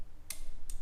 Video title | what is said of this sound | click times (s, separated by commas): Toyota Corolla Spark Plug Change | it is and it just clicked so now we're at 18 pounds | 0.3 s